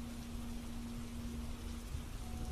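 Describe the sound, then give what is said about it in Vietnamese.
Steady rain falls at night in an even, unbroken hiss that stays soft throughout, with a faint low hum running constantly underneath and no voices. “Trong đêm sâu thăm thẳm, nhưng lẫn tiếng mưa rơi, không ai để ý đến âm thanh kỳ dị phát ra ở trong khu nghĩa địa.”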